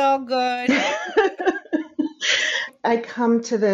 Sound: laughs